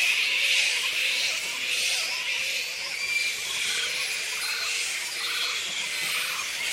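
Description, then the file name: Black flying foxes in continuous high-pitched bickering, a rough, hissing chorus of many squeaks. Colony of black fruit bats giving squeaks. "Black Fruit Bats -Pteropus alecto Colony Squeaks"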